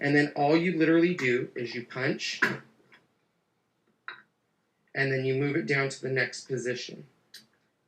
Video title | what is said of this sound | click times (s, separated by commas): Looney Tunes Card | And you'll hear it click there. I don't know if you heard that, but | 7.4 s